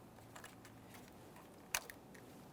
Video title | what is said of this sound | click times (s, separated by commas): How to Replace Exhaust Variable Valve Timing Solenoid 2008-2017 Mitsubishi Lancer 2.4L L4 | After our click, just a light tug confirming that's secured in place. | 1.7 s